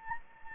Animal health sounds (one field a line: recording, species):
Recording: mosquito wingbeat signal from an infrared sensor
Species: Anopheles gambiae